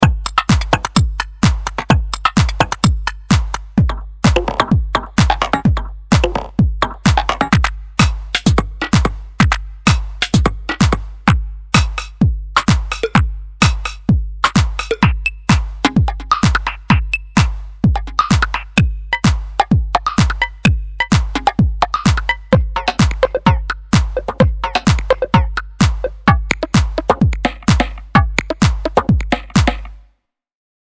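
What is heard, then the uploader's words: Wooden sticks are struck together in a fast, steady stream of sharp clicks, several per second, running without pause for about thirty seconds. Each hit is crisp and bright with a short dull knock underneath, and the sound stops abruptly at the end. Retro Percs - Stick Wood by Cluster Sound Official.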